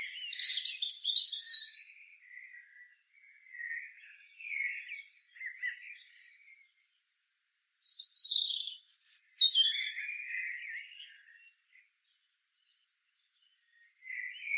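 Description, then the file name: European robin singing: bright, high, trilled phrases that slide into softer, scratchy warbling, a pause, then another high phrase ending in low twitters. "Erithacus rubecula"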